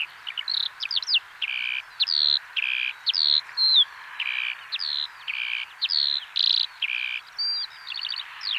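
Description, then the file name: Eurasian skylark song: fast, unbroken high twittering with buzzy notes, quick trills and sliding whistles packed closely together. "alauda arvensis"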